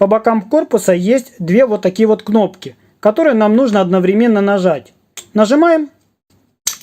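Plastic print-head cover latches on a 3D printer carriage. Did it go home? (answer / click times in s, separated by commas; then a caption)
released / 6.7 s. Someone talks while two side buttons on a plastic print-head cover of a Flyingbear Ghost 5 3D printer carriage are pressed at the same time. The cover latches release with a sharp click at 6.7 s, unlatching the housing so it comes off.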